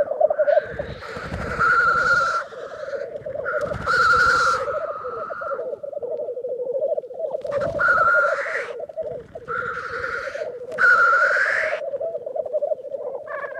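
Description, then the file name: Black grouse rookooing in a constant low bubbling stream, overlaid by several loud rasping hisses. "Digiffects Sound Effects Library - Black Grouse Bird"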